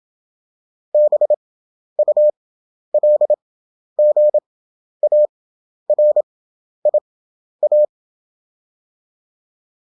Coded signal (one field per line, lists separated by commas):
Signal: Morse code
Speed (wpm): 27 wpm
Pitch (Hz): 600 Hz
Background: none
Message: BULGARIA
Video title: European Country abbreviation 27wpm/ 11 Effective (Morse Code) CW Practice.